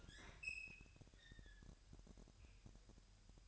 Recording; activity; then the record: daily activity, microphone in the room; open fridge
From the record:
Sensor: 2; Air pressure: 1001.8 hPa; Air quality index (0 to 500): 249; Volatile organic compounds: 37 ppm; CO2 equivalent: 3101 ppm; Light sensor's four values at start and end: 8/28/11/10 and 8/28/11/10